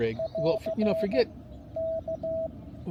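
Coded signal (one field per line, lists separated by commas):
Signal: Morse code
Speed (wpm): 16 wpm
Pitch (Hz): 660 Hz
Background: speech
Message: <AR> K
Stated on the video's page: CW park activation on 15, 10, 12, 17 and 20 m; noise floor S1-2, most contacts weak.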